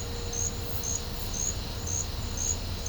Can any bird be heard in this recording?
no